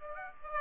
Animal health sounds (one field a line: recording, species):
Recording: mosquito wingbeat signal from an infrared sensor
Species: Aedes aegypti